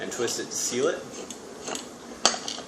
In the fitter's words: and then once it locks in place you'll go ahead and set that down